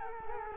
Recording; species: mosquito wingbeat signal from an infrared sensor; Culex quinquefasciatus